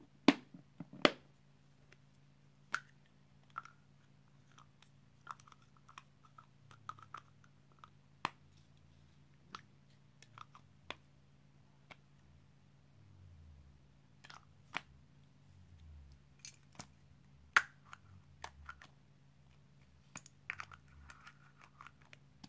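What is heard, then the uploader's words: Various tops are opened and closed in a run of sharp clicks and snaps, spaced irregularly, a few every couple of seconds, with some short rustly scrapes between them. A steady low hum runs underneath the whole time. Opening and closing of various tops.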